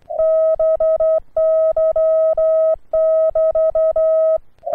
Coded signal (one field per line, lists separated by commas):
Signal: Morse code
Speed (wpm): 11 wpm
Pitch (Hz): 1280 Hz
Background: none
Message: BY<BT>